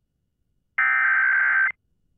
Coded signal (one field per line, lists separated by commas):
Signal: Emergency Alert System (SAME) tones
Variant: header bursts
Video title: WBAP-AM AMBER Alert EAS Broadcast (Child Abduction Emergency) Kemp, Texas Statewide Alert